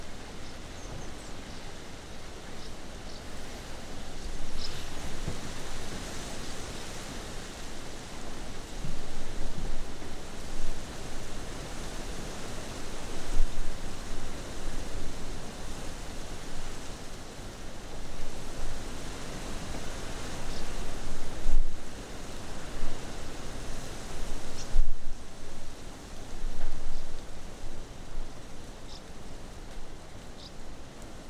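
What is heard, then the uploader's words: A rainstorm roars across the water, wind and heavy rain forming a dense, steady rush that swells and eases in slow surges every few seconds. Thin, high calls flicker faintly above it now and then, and two brief dips in the roar come near 21 and 25 seconds. Recorded by Cities and Memory. As a rainstorm sweeps in and across the water, we listen to the roar of the wind, the pounding rain and the calls of swifts flying in front of us.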